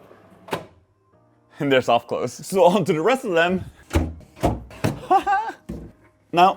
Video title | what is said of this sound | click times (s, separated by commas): Building a Welding Table for my Workshop! | shove them in, they click in place, and that's it. | 0.5 s